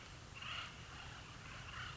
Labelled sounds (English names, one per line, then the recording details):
Acorn Woodpecker
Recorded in Sonoma County, California